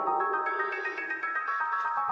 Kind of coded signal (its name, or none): none